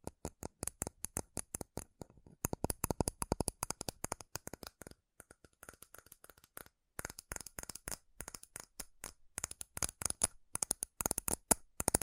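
Fast, furious tapping on metal, dense bursts of sharp bright clicks in rapid runs, with brief pauses near two, five and eleven seconds.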